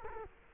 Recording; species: mosquito wingbeat signal from an infrared sensor; Culex quinquefasciatus